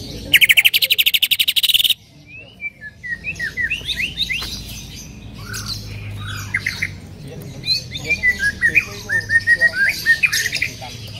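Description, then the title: Bird song: a loud, fast buzzy trill, then scattered sharp rising and falling chirps over a faint low hum. "Kicau Burung"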